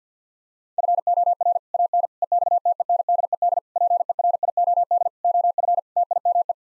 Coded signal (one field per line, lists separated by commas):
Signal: Morse code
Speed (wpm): 48 wpm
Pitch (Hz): 700 Hz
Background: none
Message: FOR AN EXTENDED PERIOD OF TIME